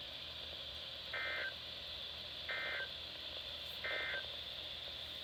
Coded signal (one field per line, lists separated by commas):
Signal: Emergency Alert System (SAME) tones